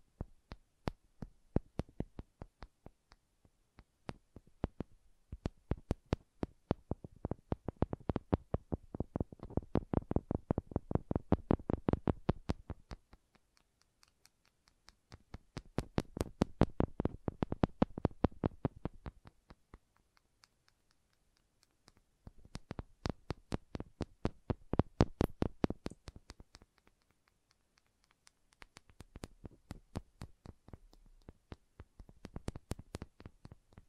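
Wooden triggers clatter in rapid bursts of dense, bright tapping and scratching, with short quieter pauses around 13, 20 and 28 seconds.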